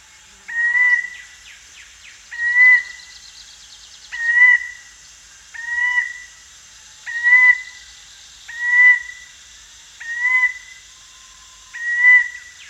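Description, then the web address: Dark-throated Oriole giving a short, clear whistled note repeated about every one and a half to two seconds, with a few brief chirps early on and a steady high hum behind. Recorded at Danum, Borneo, on 1 January 2008. "DANUM 20080101. dark-throated oriole"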